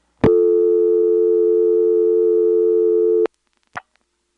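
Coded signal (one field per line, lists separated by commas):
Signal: telephone call progress tone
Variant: North America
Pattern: dial tone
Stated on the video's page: Call progress tone from a senderized XY step-by-step switching office, program 1.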